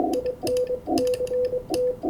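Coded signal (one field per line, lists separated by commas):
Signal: Morse code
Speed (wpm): 24 wpm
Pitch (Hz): 500 Hz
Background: none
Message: IN CT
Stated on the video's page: Amateur CW contacts on 20 metres.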